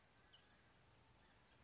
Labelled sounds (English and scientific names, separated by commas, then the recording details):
California Towhee (Melozone crissalis)
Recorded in Sonoma County, California